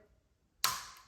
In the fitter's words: two clicks so that's all back in.